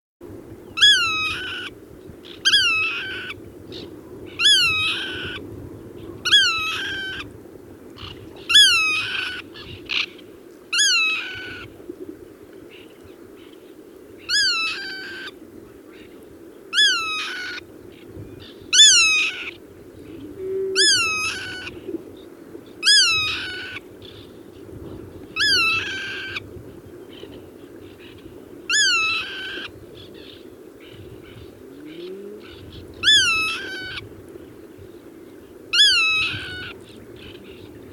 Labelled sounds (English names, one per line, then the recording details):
Black-tailed Godwit call
White-winged Tern call
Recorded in the wild
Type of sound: call
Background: Chlidonias leucopterus
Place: Chudjirt, MN
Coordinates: 47.013, 102.255
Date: 1979-06-06
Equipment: Nagra III BH, Sennheiser MD 21, parabola
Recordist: Schubert, Michael
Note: Uferschnepfe warnt am Boden, Weißflügelseeschwalbe